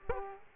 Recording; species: mosquito wingbeat signal from an infrared sensor; Aedes aegypti